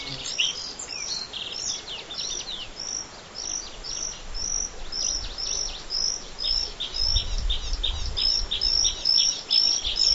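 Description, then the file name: Bluethroat singing a steady series of clear, high, ringing notes, about twice a second, with a brief low rumble partway through. Black-faced bunting and dusky warbler songs in background. "L svecica-song backgr-E spod-Ph fusc-songs"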